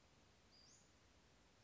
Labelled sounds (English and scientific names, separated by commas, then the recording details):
Western Flycatcher (Empidonax difficilis)
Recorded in Sonoma County, California